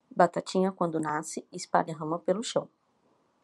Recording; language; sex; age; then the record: short text; Brazilian Portuguese; female; 30 to 39 years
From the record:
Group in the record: control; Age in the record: 33 years